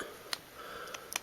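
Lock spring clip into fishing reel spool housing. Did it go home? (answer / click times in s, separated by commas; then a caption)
yes / 0.3 s. A spring clip, pointed end pushed in first, is pressed down into the spool housing of a Shimano Citica spinning reel during a bearing replacement. It gives a sharp click at 0.3 s, followed by two more brief ticks near 1.0 s and 1.2 s. The clip is confirmed seated and locked into the spool housing.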